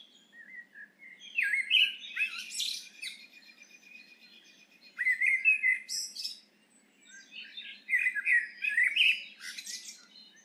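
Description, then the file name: Eurasian blackbird singing three separate phrases with pauses between them, mellow whistled warbles mixed with high, scratchy twitters. "Turdus merula"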